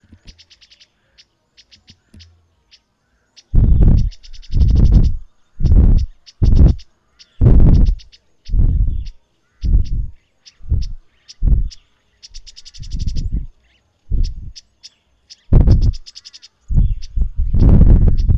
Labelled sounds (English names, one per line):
Speckle-fronted Weaver